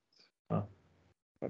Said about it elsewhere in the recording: Fucking snoring. I can hear it from here. It's a shame I'm too far away from the bedroom.